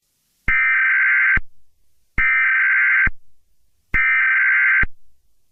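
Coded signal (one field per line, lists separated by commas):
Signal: Emergency Alert System (SAME) tones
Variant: header bursts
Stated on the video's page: Fictional EAS scenario.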